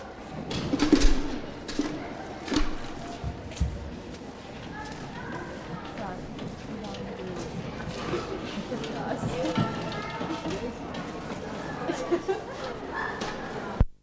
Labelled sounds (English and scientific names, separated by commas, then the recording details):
Puma (Puma concolor) call
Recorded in captivity
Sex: female
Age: adult
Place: Zoo Leipzig, Sachsen, DE
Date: 1959-09-18 14:30
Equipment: Reporter (Vollspur)
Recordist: TSA